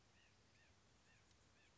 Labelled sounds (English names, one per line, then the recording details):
White-breasted Nuthatch
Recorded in Sonoma County, California